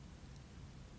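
A plastic interchangeable tip is pushed onto the handle of a Cricut Maker craft hand tool while the button on top is held down. Only a steady, even hiss with a low hum underneath is heard, with no distinct click. Nothing has snapped in or seated yet.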